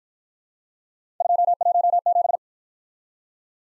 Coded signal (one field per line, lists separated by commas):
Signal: Morse code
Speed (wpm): 52 wpm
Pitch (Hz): 700 Hz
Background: none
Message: 217